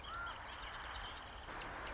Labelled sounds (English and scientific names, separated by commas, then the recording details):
Marsh Wren (Cistothorus palustris)
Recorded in Sonoma County, California